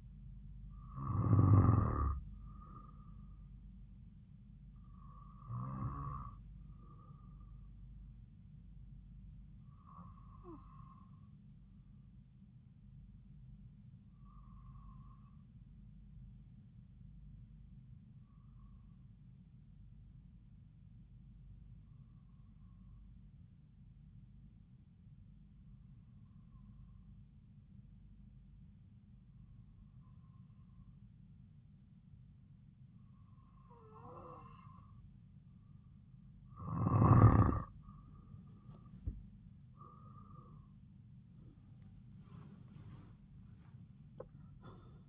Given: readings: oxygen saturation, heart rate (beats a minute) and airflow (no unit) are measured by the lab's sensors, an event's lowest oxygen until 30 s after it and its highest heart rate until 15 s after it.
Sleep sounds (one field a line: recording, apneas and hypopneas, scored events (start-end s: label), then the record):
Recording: breathing in sleep by a smartphone at the bedside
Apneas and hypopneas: 1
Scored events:
14.00-36.30 s: hypopnea (N2, oxygen 96% highest, then 92% lowest)
From the record:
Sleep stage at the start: N2 (light sleep)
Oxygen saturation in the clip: 92 to 96%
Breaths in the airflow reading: 11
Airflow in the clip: -4.3 to 10.8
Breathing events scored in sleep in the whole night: 270 in 6.1 hours asleep